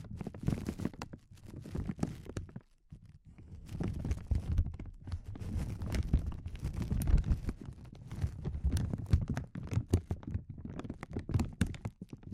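Crinkling sounds run almost without pause, a dense mix of soft rustles and sharper crackles with quick bright snaps scattered throughout. The texture stays busy and uneven, weighted toward the low end, with a brief quiet gap near the three-second mark.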